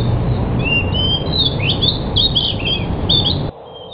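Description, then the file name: Pied bush chat pouring out lively, jumbled chirps and twittering phrases for about three seconds before cutting off, over a dull rumbling background. Described in Indonesian as 'sudah jadi', meaning a finished, fully trained songbird. "suara burung decu sudah jadi. omkicau"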